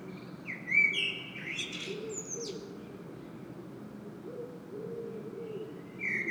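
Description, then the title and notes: Common blackbird singing a rich fluty warble that breaks into thin high twittering, followed by a long pause with only low background rumble, then a new phrase begins. Singing bird in Saint-Gilles, Belgium; recorded with a Sony PCM-M10 internal microphone. "Saint-Gilles, Belgique - Blackbird singing. Le merle chante"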